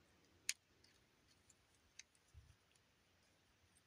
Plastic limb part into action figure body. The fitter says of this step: here like so which kind of kind of locks into place